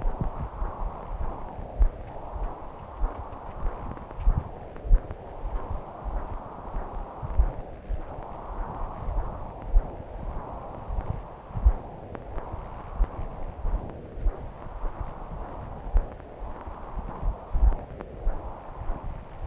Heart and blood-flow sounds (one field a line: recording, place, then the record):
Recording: Doppler ultrasound of blood flow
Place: left subclavian vein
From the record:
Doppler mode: continuous wave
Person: adult scuba diver, at rest before a dive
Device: O'Dive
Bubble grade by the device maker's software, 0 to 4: 0